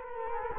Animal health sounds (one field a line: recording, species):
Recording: mosquito wingbeat signal from an infrared sensor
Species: Culex quinquefasciatus